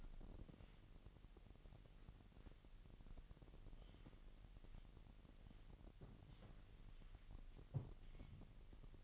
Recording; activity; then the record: daily activity, microphone in the room; wipe stove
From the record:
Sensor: 4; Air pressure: 1001.9 hPa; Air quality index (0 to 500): 248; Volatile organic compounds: 41 ppm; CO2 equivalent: 3158 ppm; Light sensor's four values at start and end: 7/16/6/5 and 7/15/6/5